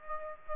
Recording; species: mosquito wingbeat signal from an infrared sensor; Aedes aegypti